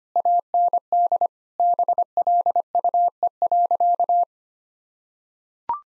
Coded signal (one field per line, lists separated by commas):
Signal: Morse code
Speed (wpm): 25 wpm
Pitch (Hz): 700 Hz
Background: none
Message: AND BLUE.